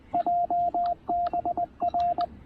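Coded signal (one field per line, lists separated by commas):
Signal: Morse code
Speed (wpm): 19 wpm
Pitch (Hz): 690 Hz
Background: radio noise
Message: JBR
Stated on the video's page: QRP CW on 20 meters during a Parks on the Air activation using a TR-45 transceiver and Tufteln end-fed random wire antenna.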